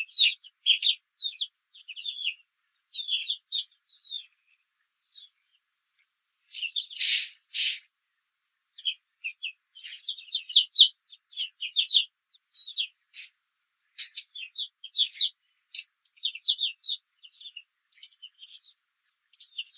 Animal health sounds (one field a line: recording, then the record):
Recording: young laying hens in a cage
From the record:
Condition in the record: control cage, after the stress test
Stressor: none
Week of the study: 4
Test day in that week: 1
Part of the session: 2